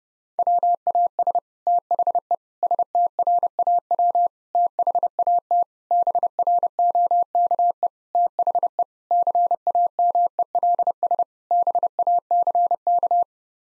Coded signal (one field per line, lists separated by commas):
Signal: Morse code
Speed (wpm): 30 wpm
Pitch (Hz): 700 Hz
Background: none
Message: WAS THE STRAW THAT BROKE THE CAMELS BACK